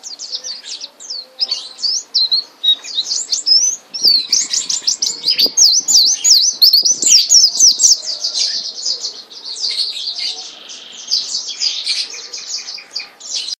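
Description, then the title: White-eye song: energetic high twitter of quick, repeated slurred chirps, louder and faster in the middle. Indonesian listing calls it pleci mata putih dada kuning, white-eyed and yellow-breasted, singing gacor, continuously and vigorously. "Pleci Mata Putih Dada Kuning Gacor Dor"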